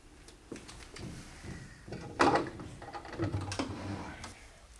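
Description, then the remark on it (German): A key (the sideboard key) turns in the almost silent lock of a desk with a modern roll-top shutter: a series of soft metallic clicks and faint scrapes, with one sharper click midway, and no voices. “Ein fast geräuschloses Schloss.”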